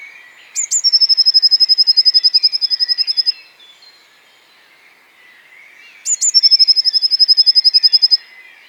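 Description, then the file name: Eurasian blue tit phrase heard twice: two thin high notes leading into a long, rapid, metallic trill of some twenty notes, with quieter bird twittering between the phrases. "Cyanistes caeruleus"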